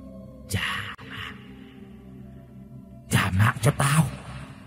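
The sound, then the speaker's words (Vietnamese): Garbled radio static from the flickering dashboard screen inside a car crackles in two rough bursts, a short one early and a longer choppy stretch later, over a steady low electrical hum that never stops. “Sau đấy thì là một âm thanh nhiễu sóng không có nghe rõ vang lên.”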